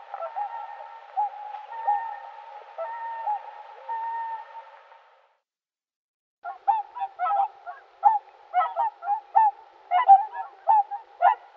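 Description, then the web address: Whooper swan calls: drawn-out, even trumpeting notes at first, then after a pause a rapid series of short, nasal honks. Uzbekistan. "Uzbek hayvonlar. Cygnus cygnus"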